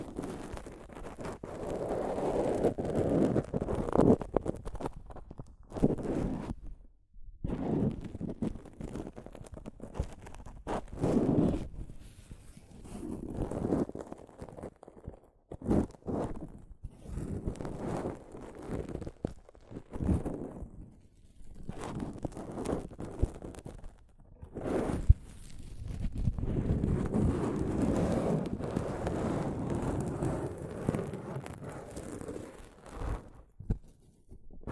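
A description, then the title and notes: Soft fabric brushes across a microphone in irregular rustling swipes, some long and dense, others short, separated by brief silent gaps. ASMR Mic Brushing using Soft Fabric (No Talking).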